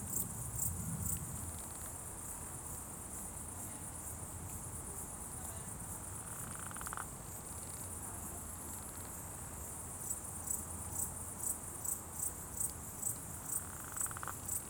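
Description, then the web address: Termites rattle in two brief bursts of rapid taps, while a high insect drone pulses, growing more distinct toward the end. Recorded in October 2020. "etres a poils termites octobre 2020. Recoltes de sons"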